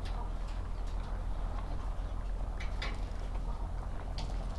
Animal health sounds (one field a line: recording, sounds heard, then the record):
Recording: poultry house recording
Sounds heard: sick chickens (respiratory disease)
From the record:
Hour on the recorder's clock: 8